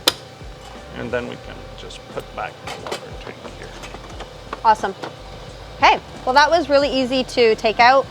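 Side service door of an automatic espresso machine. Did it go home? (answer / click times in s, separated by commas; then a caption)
yes / 0.1 s. The plastic side service door of a Philips 3200 LatteGo automatic espresso machine is closed after the brew unit has been slid back inside, snapping shut with a single sharp click at 0.1 s. A softer knock follows around 3.6 s while someone talks, and the door is seated.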